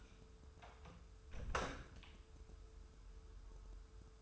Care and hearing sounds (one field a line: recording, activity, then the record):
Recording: daily activity, microphone in the room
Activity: close door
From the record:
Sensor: 2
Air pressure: 1015.0 hPa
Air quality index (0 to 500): 108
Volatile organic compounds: 3 ppm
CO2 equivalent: 1377 ppm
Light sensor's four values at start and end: 13/35/14/15 and 13/35/14/15